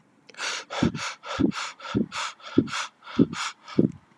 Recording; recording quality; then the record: shallow breathing; excellent, no background noise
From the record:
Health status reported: healthy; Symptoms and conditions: none ticked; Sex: male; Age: 29 years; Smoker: not ticked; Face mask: not worn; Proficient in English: yes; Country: United States